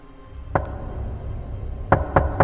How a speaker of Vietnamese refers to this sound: Có tiếng gõ cửa vang lên trong đêm lạnh toát. Chính là cái tiếng động này đã đánh thức Lương. Anh ngồi dậy lắng tai nghe, đúng là tiếng gõ cửa thật.